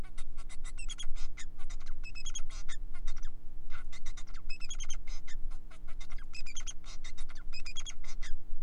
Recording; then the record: song of a male Bengalese finch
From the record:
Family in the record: son of father 4